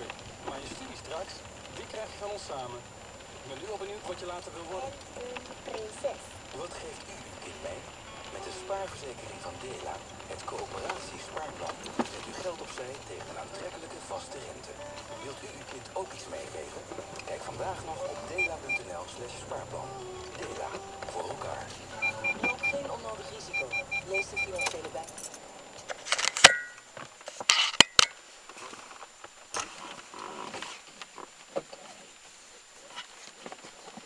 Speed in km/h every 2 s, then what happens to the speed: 13, 12, 11, 13, 14, 7, 5, 5, 0, 0, 0, 0, 0, 0, 0, 0, 0.
0-8 steady at about 13. 8-15 slows to 0. 15-34 standing.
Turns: none.